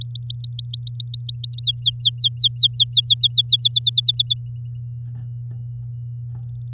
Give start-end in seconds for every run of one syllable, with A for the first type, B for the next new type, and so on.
0.00-1.63 A, 1.63-3.56 B, 3.60-4.34 C